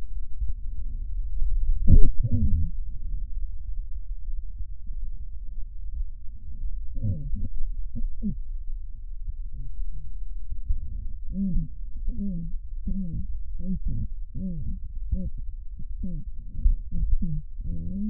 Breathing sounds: lung sounds by stethoscope; left posterior basal chest; quiet breathing, then cough and speech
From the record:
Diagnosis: interstitial lung disease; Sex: female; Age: 72 years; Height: 153 cm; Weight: 71 kg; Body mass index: 30.3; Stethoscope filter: bell mode

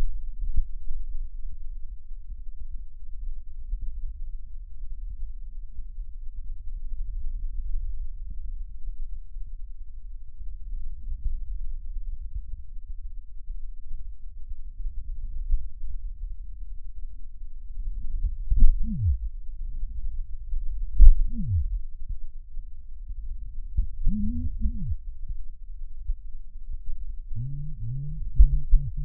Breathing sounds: lung sounds by stethoscope; right posterior basal chest; quiet breathing, then cough and speech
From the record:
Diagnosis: pulmonary infection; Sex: male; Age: 54 years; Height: 187 cm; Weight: 95 kg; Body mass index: 27.2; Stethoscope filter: bell mode

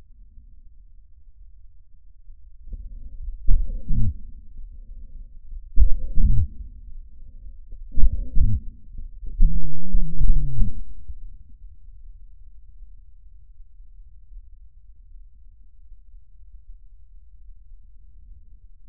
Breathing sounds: lung sounds by stethoscope; trachea; quiet breathing, then cough and speech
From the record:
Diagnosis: COPD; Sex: male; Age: 77 years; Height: 172 cm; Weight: 85.2 kg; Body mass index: 28.8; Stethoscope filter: bell mode

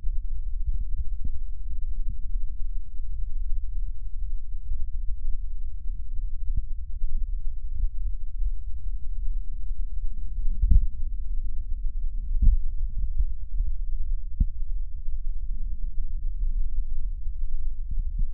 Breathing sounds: lung sounds by stethoscope; right posterior basal chest; quiet breathing, then deep breathing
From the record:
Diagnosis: asthma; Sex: female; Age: 77 years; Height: 160 cm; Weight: 68.7 kg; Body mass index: 26.6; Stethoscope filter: bell mode

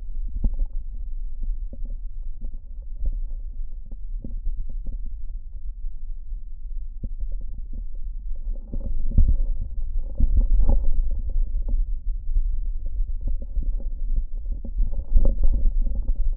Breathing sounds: lung sounds by stethoscope; right posterior basal chest; quiet breathing, then deep breathing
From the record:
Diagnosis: interstitial lung disease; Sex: male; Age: 47 years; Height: 159 cm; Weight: 66.8 kg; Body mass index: 26.4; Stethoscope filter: diaphragm mode

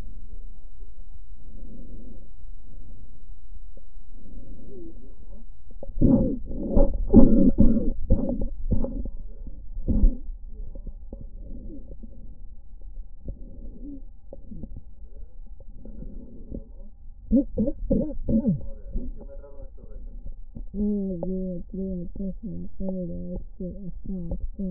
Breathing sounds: lung sounds by stethoscope; left posterior basal chest; quiet breathing, then cough and speech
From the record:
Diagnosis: asthma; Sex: female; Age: 56 years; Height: 161 cm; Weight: 85 kg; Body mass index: 32.8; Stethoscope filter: diaphragm mode

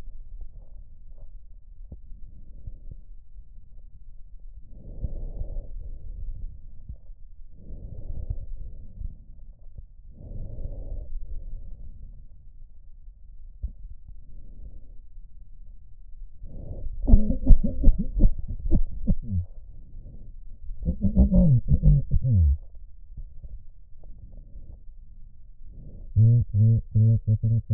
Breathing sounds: lung sounds by stethoscope; right posterior basal chest; quiet breathing, then cough and speech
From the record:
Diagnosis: none (healthy); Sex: male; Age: 45 years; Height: 173 cm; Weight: 92 kg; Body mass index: 30.7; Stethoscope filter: extended mode

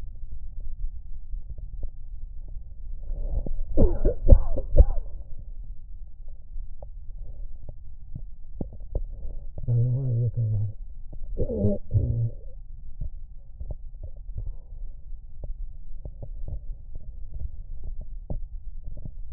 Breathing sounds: lung sounds by stethoscope; right anterior apical chest; quiet breathing, then cough and speech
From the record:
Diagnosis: interstitial lung disease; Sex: male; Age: 66 years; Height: 172 cm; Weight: 107.6 kg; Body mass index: 36.4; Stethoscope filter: extended mode

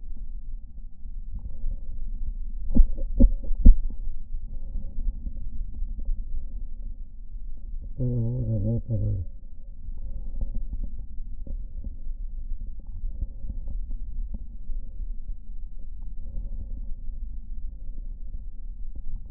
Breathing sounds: lung sounds by stethoscope; right anterior apical chest; quiet breathing, then cough and speech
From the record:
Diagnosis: COPD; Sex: male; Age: 80 years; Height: 171 cm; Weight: 75 kg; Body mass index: 25.6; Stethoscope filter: diaphragm mode

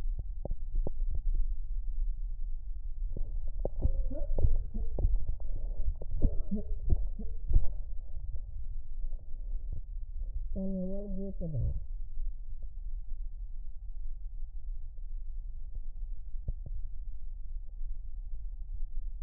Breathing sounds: lung sounds by stethoscope; right posterior basal chest; quiet breathing, then cough and speech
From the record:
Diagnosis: asthma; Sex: female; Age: 66 years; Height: 172 cm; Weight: 76 kg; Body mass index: 25.7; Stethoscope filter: extended mode

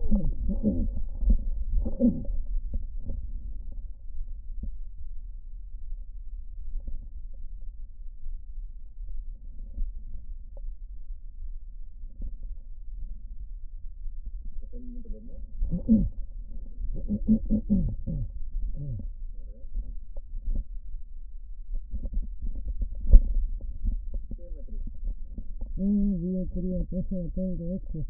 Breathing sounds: lung sounds by stethoscope; trachea; quiet breathing, then cough and speech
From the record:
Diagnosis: pulmonary infection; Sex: female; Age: 74 years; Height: 160 cm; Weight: 66 kg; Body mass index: 25.8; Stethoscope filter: diaphragm mode

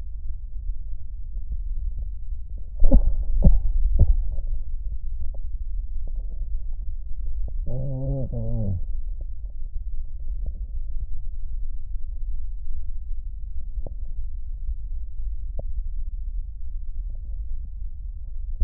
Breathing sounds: lung sounds by stethoscope; left posterior basal chest; quiet breathing, then cough and speech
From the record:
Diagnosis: COPD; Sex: male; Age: 81 years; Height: 166 cm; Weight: 98.7 kg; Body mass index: 35.8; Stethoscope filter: extended mode

